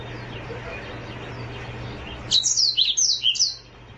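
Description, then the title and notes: Oriental magpie-robin giving a brief phrase of sharp, high chirps after a hissy quiet stretch, low hum throughout. "Kicau Kacer. manukmanukan"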